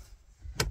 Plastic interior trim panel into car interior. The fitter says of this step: vient se clipser et se glisser